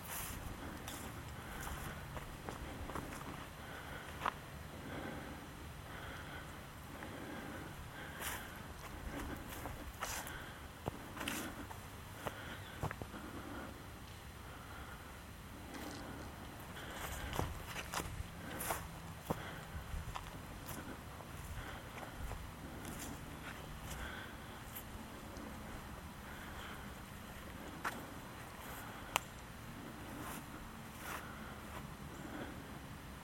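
An outdoor walk in Michaux State Forest, with a steady low rumble running throughout, like a vehicle or engine droning. Sharp clicks and snaps, likely footsteps on twigs and leaves, pop up irregularly, clustering around the middle and near the end.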